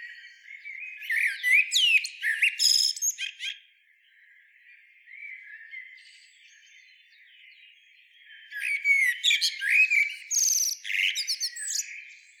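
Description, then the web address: Eurasian blackbird singing two loud phrases of fluty warbles and high, scratchy twittering, separated by a few seconds of soft notes. "SETE Turdus merula"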